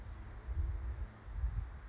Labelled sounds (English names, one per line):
California Towhee